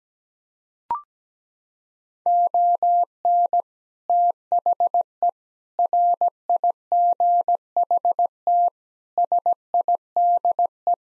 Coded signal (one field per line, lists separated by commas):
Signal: Morse code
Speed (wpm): 17 wpm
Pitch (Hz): 700 Hz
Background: none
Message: ON THE RIGHT SIDE